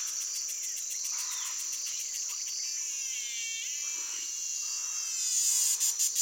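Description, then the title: Cicada song, a shrill high buzz, pulsing at first, then steadier, swelling at the end, with other wavering calls and sweeping notes underneath. Amazonia. "Aras et cigales (Amazonia)"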